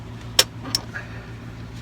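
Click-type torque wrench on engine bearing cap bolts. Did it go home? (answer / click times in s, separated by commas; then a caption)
yes / 0.4 s. A click-type torque wrench tightens the bearing cap bolts on a Detroit 6V92 engine to 60. A sharp, bright click comes at 0.4 s as the wrench reaches its setting, followed by a softer tick at 0.8 s over a steady low hum. The wrench's click is fairly quiet.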